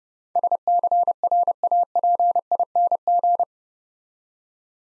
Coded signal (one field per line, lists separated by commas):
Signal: Morse code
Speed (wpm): 31 wpm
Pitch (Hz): 700 Hz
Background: none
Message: SCRAPING